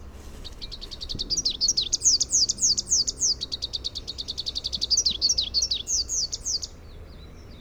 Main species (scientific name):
Basileuterus rufifrons